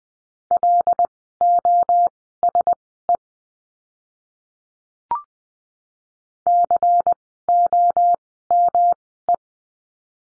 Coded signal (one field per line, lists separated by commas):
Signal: Morse code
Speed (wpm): 20 wpm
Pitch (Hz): 700 Hz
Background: none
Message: LOSE COME